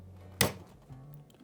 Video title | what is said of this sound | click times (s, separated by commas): Braun hand blender repair | You see, you hear this click? | 0.4 s